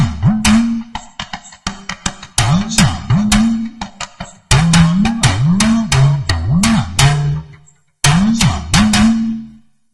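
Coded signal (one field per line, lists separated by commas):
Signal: talking drum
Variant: Yoruba dùndún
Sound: rapid hand-drum strokes with low gliding, speech-like pitch rises and falls in phrases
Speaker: the translation of that thing that I said in English language is that we are going to see next year by the grace of God. In as much as cola find its way to market on yearly basis, next year is so sure for us. Let me play it once again.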